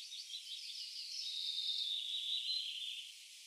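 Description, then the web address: Arctic warbler song, a dry, rapid, buzzy trill held at an even high pitch for about three seconds, with no other clear sounds. "Schulze Peter Arctic Warbler song"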